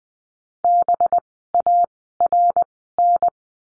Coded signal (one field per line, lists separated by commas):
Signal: Morse code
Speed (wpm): 20 wpm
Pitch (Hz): 700 Hz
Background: none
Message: BARN